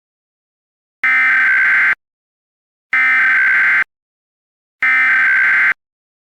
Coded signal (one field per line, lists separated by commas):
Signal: Emergency Alert System (SAME) tones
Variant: header bursts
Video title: EAS Scenario - Over the Mountains and Far Away